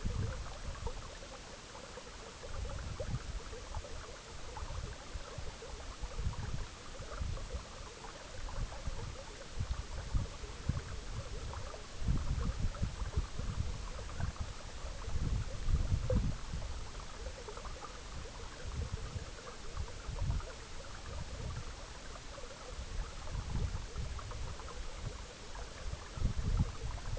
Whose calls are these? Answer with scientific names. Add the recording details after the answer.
none. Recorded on Arctic tundra, site EABA-MC, on 19 June 2019. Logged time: 22:00